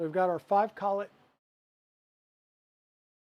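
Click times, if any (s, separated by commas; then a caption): none. Someone talks while handling and lining up five plastic filament collets before inserting them into the printed selector body of a Prusa MMU3. No collet has clicked into place yet, and no sharp sound occurs, with silence after about 1.3 seconds.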